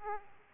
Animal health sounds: mosquito wingbeat signal from an infrared sensor; Aedes aegypti

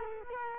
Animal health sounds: mosquito wingbeat signal from an infrared sensor; Culex quinquefasciatus

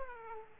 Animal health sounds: mosquito wingbeat signal from an infrared sensor; Aedes aegypti

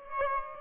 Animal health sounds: mosquito wingbeat signal from an infrared sensor; Aedes aegypti

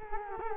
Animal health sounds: mosquito wingbeat signal from an infrared sensor; Culex quinquefasciatus

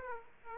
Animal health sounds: mosquito wingbeat signal from an infrared sensor; Aedes aegypti

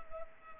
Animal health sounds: mosquito wingbeat signal from an infrared sensor; Culex pipiens

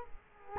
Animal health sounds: mosquito wingbeat signal from an infrared sensor; Culex quinquefasciatus

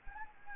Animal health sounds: mosquito wingbeat signal from an infrared sensor; Anopheles gambiae

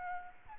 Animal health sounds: mosquito wingbeat signal from an infrared sensor; Aedes albopictus

